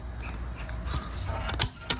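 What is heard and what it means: While the stock exhaust headers are removed from a K67 BMW S1000RR during an Akrapovic header install, a twist-lock wiring connector on the motorcycle harness, likely the exhaust O2 sensor plug, is twisted hard against low rumbling and faint rustling. Sharp hits at 1.6 s and 1.9 s mark the connector popping out and releasing.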